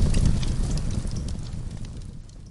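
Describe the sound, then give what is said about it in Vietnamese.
A petrol fire, lit by a lighter thrown onto petrol on the ground, flares up with a loud, dense roar and crackle that swells at once, then gradually settles and fades over a couple of seconds, giving off thick black smoke; no voices. “ngọn lửa bùng lên dữ dội.”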